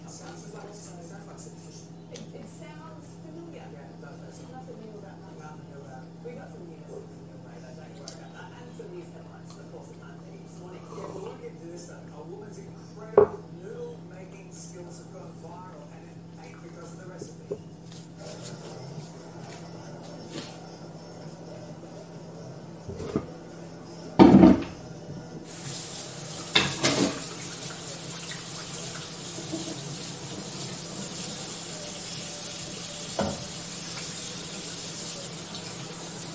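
Morning kitchen sounds with a television talking quietly in the background over a steady low hum. Scattered clinks and knocks of dishes come every few seconds, with a sharp clatter near the middle. From about halfway on, a hissing rush of water runs continuously.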